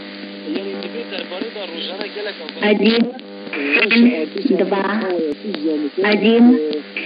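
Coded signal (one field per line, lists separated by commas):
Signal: numbers station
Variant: S06s, Russian female voice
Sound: a woman's voice reading words in Russian over a narrow, hissy shortwave channel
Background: radio static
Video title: 20 05 2021 Number station S06s Russian Lady in Russian to Eu 0730 on 11530 unknown tx site in CUSB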